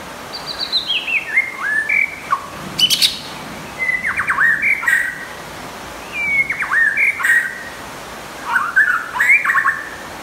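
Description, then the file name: White-rumped shama song: descending whistled phrase, then several groups of quick downslurred notes over light hiss. Champion bird from a singing contest. "suara murai batu juara lomba"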